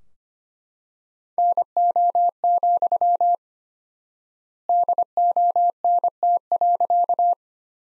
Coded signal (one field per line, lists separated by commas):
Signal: Morse code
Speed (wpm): 25 wpm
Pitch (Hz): 700 Hz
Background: none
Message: NO, DONT.